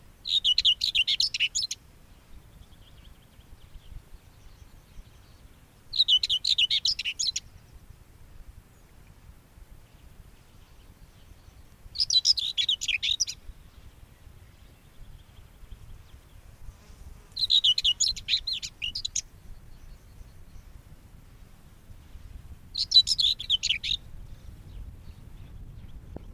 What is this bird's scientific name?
Sylvia communis